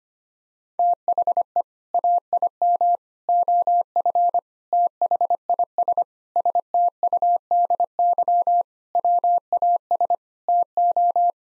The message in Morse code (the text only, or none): THE AIM OF THIS STUDY WAS TO